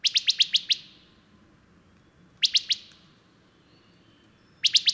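Bird song: rapid bursts of sharp, high chirps, six, then three, then a further burst at the end, separated by pauses.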